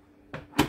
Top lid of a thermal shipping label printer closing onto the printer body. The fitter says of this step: it all the way down did you hear it click you can little push it clicks